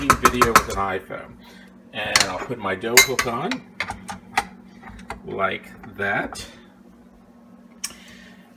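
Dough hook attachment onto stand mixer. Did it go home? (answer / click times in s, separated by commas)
yes / 7.8 s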